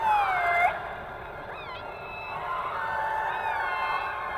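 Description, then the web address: Orca calls underwater: a bright falling whistle-like call, then short upswept squeals and long wavering tones over a steady hiss. Underwater recording. "subacuatica Audio archivos Orcas"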